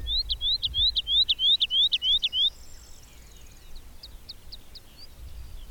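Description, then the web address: Bird song with a rapid series of bright slurred notes ending abruptly, followed by quieter scattered notes. "madarak enek"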